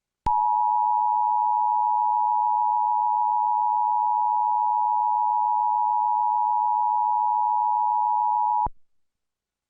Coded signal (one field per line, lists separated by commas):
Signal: Emergency Alert System (SAME) tones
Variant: 853 and 960 Hz attention tone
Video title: Eas Alarm #2